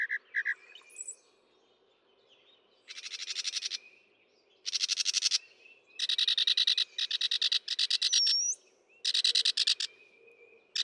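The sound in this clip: Northern mockingbird song: short chirps, then long buzzy trilled phrases of rapid pulses, repeated with varying length, plus a single rising whistle.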